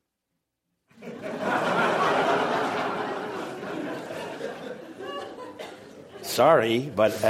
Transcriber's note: laughter